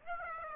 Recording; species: mosquito wingbeat signal from an infrared sensor; Aedes aegypti